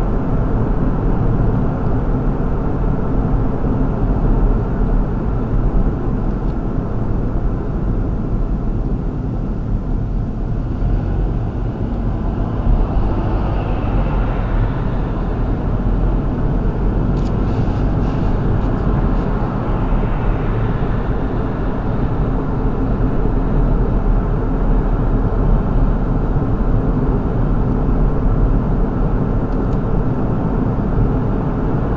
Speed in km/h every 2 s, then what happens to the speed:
56, 53, 50, 44, 35, 31, 34, 39, 44, 48, 53, 53, 53, 52, 52, 52.
0-9 slows to 31. 9-20 speeds up to 53. 20-32 steady at about 52.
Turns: none.